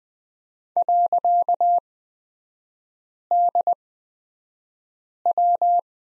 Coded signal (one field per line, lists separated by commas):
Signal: Morse code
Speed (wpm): 20 wpm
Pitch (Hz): 700 Hz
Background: none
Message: .DW